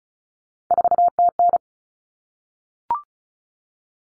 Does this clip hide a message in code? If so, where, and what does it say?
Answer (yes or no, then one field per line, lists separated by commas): yes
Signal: Morse code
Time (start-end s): 0.7-1.6 s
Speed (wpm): 34 wpm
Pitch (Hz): 700 Hz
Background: none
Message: 4TN